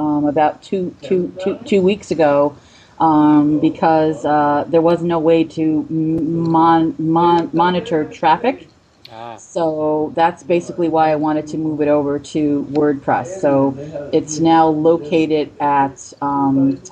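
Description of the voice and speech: Adult woman, about 45, who has stuttered since age 5 and hid it for many years, speaking with sound and syllable repetitions ("two-two-two-two weeks", "mo-mo-monitor") and prolonged sounds: stuttering.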